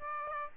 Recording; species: mosquito wingbeat signal from an infrared sensor; Aedes aegypti